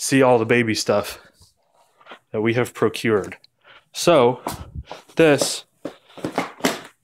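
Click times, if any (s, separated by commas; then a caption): 6.7 s. Someone talks while an infant car seat carrier is lowered onto a stroller frame. It latches in with a loud snap at 6.7 seconds, seating the car seat in the stroller.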